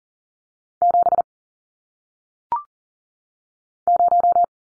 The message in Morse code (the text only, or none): 7 0